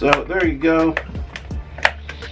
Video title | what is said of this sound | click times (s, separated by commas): WWE "Blue" Big Eagle Official Replica REVIEW | everything does snap in there | 1.9 s